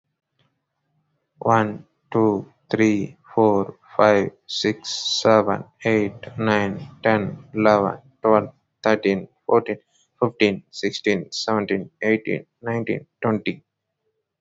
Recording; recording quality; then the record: counting at a normal pace; excellent, no background noise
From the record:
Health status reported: healthy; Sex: male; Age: 42 years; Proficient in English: yes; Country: India